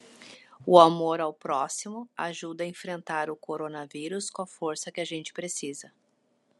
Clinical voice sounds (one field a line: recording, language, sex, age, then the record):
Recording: spoken sentence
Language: Brazilian Portuguese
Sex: female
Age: 40 to 49 years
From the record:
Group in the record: control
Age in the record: 42 years